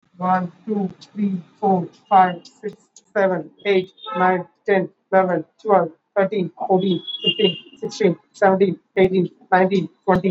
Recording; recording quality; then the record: counting at a fast pace; moderate, slight background noise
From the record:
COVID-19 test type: RT-PCR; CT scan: not taken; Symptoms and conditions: cough, cold, fever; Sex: male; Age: 35 years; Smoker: no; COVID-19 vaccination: both doses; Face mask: worn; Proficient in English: yes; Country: India